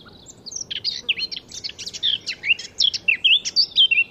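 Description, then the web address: Eurasian blackcap singing, chattering jumbled phrases giving way to strong whistled notes that rise and fall, over low hiss. "SETE data Sylvia atricapilla"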